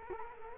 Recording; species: mosquito wingbeat signal from an infrared sensor; Culex quinquefasciatus